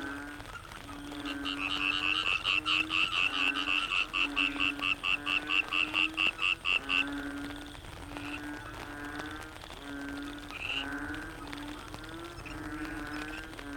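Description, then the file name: Frogs calling in chorus, one caller giving a fast regular series of bright pulses for several seconds before the chorus continues more loosely. Frogs in the Cherating wetlands, Malaysia; wetland soundscape. "yamaha frogs cherating wetlands"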